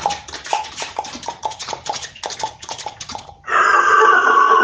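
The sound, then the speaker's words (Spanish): A horse returning in the distance clops its hooves in a steady, quick rhythm for several seconds, then gives way abruptly to a louder, sustained rasping neigh-like cry that holds to the end. “Y a lo lejos se siente el caballo de vuelta.”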